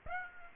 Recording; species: mosquito wingbeat signal from an infrared sensor; Aedes aegypti